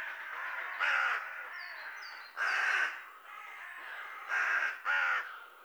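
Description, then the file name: Carrion Crow uttering harsh caws, one, then a second after a pause, then a closely spaced pair, with thin high whistled notes from another bird between. "Corvus corone"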